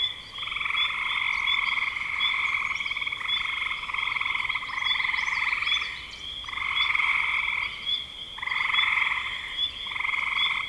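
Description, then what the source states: Frogs trill together in long pulsed bouts separated by brief gaps, rising and falling in loudness. Frogs recorded in spring 2025.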